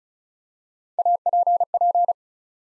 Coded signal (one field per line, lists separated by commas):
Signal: Morse code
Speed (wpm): 36 wpm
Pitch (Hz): 700 Hz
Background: none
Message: APP